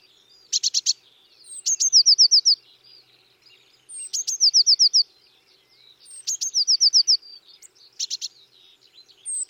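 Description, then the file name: Eurasian blue tit calling: high thin lead-in notes followed by rapid descending trills, repeated several times with short gaps. "Cyanistes caeruleus"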